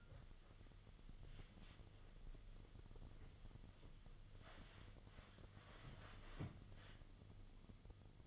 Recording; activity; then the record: daily activity, microphone in the room; wipe stove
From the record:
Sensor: 4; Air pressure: 1005.6 hPa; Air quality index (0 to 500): 110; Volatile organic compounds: 3 ppm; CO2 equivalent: 1365 ppm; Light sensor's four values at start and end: 11/26/10/10 and 12/27/10/10